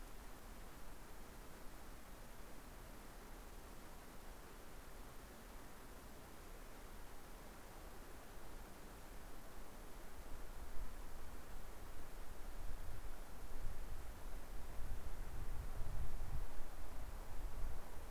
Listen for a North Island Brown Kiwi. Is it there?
no